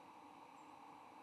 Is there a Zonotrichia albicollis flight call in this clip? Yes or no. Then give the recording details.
no. Another species' flight call is heard. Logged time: 09:24 on 8 November 2014